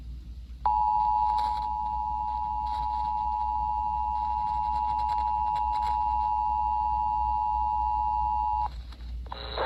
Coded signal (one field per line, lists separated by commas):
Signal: Emergency Alert System (SAME) tones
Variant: 853 and 960 Hz attention tone